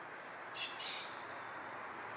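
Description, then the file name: Golden pheasant call: two quick, harsh, high squawks in close succession, the second longer and louder, over a steady background hiss. "goldfasan"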